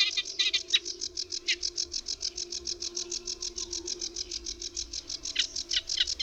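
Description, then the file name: Eurasian reed warbler song as a fast train of high, scratchy notes with a few lower-reaching notes mixed in, over a soft steady hum. "Trzcinniczek"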